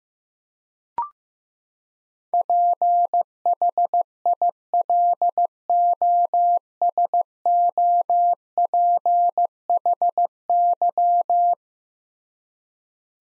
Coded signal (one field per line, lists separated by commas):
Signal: Morse code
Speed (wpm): 15 wpm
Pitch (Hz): 700 Hz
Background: none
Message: PHILOSOPHY